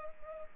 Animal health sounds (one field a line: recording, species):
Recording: mosquito wingbeat signal from an infrared sensor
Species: Culex pipiens